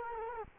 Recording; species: mosquito wingbeat signal from an infrared sensor; Culex quinquefasciatus